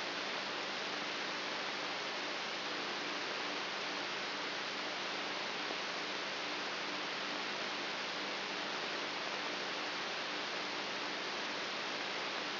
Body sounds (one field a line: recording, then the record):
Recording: brain microelectrode recording played as sound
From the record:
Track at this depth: inside the subthalamic nucleus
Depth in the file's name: 4.44 mm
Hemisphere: right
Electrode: 3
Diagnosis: Parkinson's disease